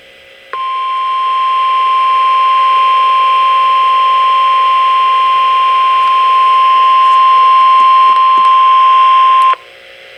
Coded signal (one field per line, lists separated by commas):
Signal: Emergency Alert System (SAME) tones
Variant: 1050 Hz attention tone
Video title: 12/16/2020: Tornado Warning (Confirmed Tornado) and Special Marine Warnings (EAS #229-235)